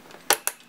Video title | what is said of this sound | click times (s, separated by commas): How to install CPU and Test Motherboard | You'll hear a little click, click, click. | 0.3 s, 0.5 s